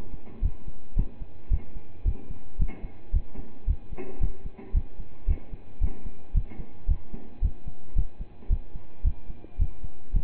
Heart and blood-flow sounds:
heart sounds by stethoscope; between the tricuspid and mitral areas; 111 bpm
0.42 s: heartbeat
0.96 s: heartbeat
1.50 s: heartbeat
2.05 s: heartbeat
2.59 s: heartbeat
3.13 s: heartbeat
3.67 s: heartbeat
4.20 s: heartbeat
4.74 s: heartbeat
5.27 s: heartbeat
5.81 s: heartbeat
6.34 s: heartbeat
6.88 s: heartbeat
7.42 s: heartbeat
7.95 s: heartbeat
8.50 s: heartbeat
9.04 s: heartbeat
9.59 s: heartbeat
10.13 s: heartbeat
From the record:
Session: pedaling a stationary bicycle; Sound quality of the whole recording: partially saturated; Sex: male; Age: 27 years

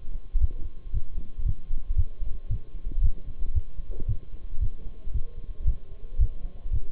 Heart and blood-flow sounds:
heart sounds by stethoscope; between the tricuspid and mitral areas; 114 bpm
0.41 s: heartbeat
0.94 s: heartbeat
1.46 s: heartbeat
1.98 s: heartbeat
2.51 s: heartbeat
3.03 s: heartbeat
3.55 s: heartbeat
4.09 s: heartbeat
4.62 s: heartbeat
5.14 s: heartbeat
5.67 s: heartbeat
6.20 s: heartbeat
6.73 s: heartbeat
From the record:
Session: Bruce protocol treadmill stress test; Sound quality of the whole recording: partially saturated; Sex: male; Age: 23 years

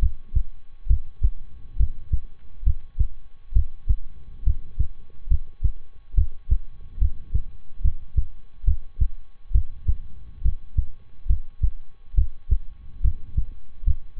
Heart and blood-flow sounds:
heart sounds by stethoscope; between the tricuspid and mitral areas; 69 bpm
0.86 s: heartbeat
1.76 s: heartbeat
2.63 s: heartbeat
3.52 s: heartbeat
4.43 s: heartbeat
5.27 s: heartbeat
6.14 s: heartbeat
6.98 s: heartbeat
7.81 s: heartbeat
8.64 s: heartbeat
9.51 s: heartbeat
10.41 s: heartbeat
11.26 s: heartbeat
12.14 s: heartbeat
13.01 s: heartbeat
13.83 s: heartbeat
From the record:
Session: rest, lying down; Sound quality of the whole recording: good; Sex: male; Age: 23 years

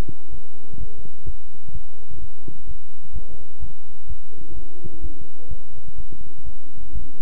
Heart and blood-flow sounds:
heart sounds by stethoscope; between the tricuspid and mitral areas; 127 bpm
0.30 s: heartbeat
0.78 s: heartbeat
1.25 s: heartbeat
1.73 s: heartbeat
2.20 s: heartbeat
2.67 s: heartbeat
3.13 s: heartbeat
3.60 s: heartbeat
4.07 s: heartbeat
4.55 s: heartbeat
5.01 s: heartbeat
5.49 s: heartbeat
5.96 s: heartbeat
6.44 s: heartbeat
6.93 s: heartbeat
From the record:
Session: bicycle stress test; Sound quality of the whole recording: good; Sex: male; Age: 23 years

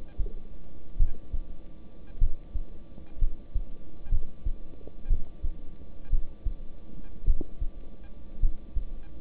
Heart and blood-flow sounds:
heart sounds by stethoscope; between the tricuspid and mitral areas; 57 bpm
0.97 s: heartbeat
2.19 s: heartbeat
3.19 s: heartbeat
4.10 s: heartbeat
5.08 s: heartbeat
6.10 s: heartbeat
7.25 s: heartbeat
8.40 s: heartbeat
From the record:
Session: rest, lying down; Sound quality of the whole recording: good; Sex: male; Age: 26 years

